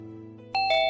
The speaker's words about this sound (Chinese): 第二天清晨，林浩忽然被一阵急促的门铃声吵醒